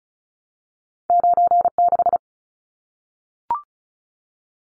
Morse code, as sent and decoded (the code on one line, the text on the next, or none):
----. -....
96